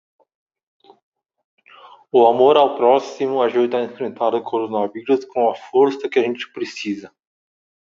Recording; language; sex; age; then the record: spoken sentence; Brazilian Portuguese; male; 30 to 39 years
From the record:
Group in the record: control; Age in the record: 36 years